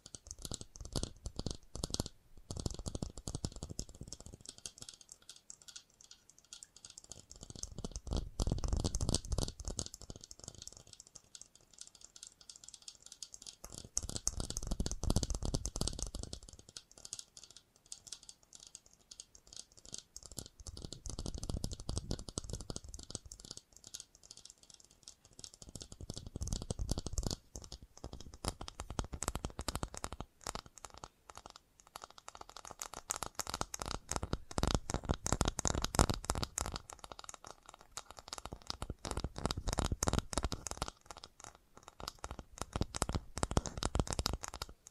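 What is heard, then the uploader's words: Rapid, dense tapping runs without pause for the whole clip, crisp like fingertips on a hard surface. The loudness rises and falls in slow, regular swells about every six or seven seconds as the tapping presses harder, then eases. FAST TAPPING (No Talking).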